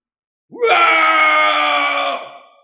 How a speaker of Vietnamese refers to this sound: Đột nhiên lão ngửa mặt lên trời mà thét dài, đầy đầu tóc bạc rối bù bay bay lộ ra gương mặt.